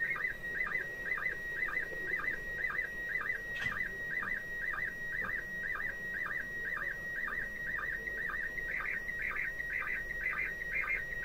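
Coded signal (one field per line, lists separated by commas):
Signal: SSTV (slow-scan television)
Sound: rhythmic warbling chirps about twice a second over a steady whistle tone, noisy background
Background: radio static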